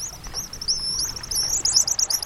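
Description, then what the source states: Pigeon Guillemots giving thin, high, wheezy whistles and trills in a continuous run. Breeding colony on Whidbey Island, Puget Sound, in early morning; offspring waiting in burrows in the cliffs.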